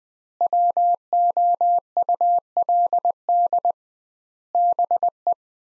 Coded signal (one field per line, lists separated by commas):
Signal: Morse code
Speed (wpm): 20 wpm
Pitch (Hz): 700 Hz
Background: none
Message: WOULD BE